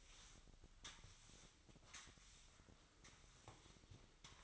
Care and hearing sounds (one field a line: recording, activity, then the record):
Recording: daily activity, microphone in the room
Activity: sweep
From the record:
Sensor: 3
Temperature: 24.8 degrees Celsius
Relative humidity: 38.3%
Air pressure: 1003.1 hPa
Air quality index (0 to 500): 196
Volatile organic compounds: 6 ppm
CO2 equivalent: 1913 ppm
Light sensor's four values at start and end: 15/35/15/16 and 15/35/15/16